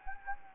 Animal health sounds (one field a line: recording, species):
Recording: mosquito wingbeat signal from an infrared sensor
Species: Anopheles gambiae